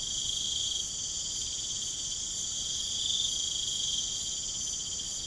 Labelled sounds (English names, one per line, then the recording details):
none
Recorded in pastures near Puerto Asís, Putumayo, Colombia, on 12 March 2025 at 22:30
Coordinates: 0.505, -76.324
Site GP08